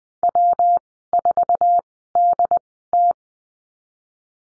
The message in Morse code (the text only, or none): W4DT